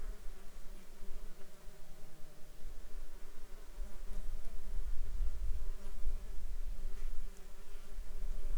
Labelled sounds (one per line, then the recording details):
insects
man-made sound
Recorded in the Arctic National Wildlife Refuge, Alaska, on 21 June 2019 at 10:55
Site 33